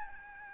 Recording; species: mosquito wingbeat signal from an infrared sensor; Aedes albopictus